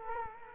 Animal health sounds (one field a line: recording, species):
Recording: mosquito wingbeat signal from an infrared sensor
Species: Culex quinquefasciatus